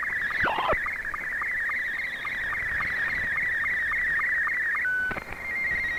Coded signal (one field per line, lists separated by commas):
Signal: SSTV (slow-scan television)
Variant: Scottie 2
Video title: Recap of Pirate Radio Activity Friday 9 September 2022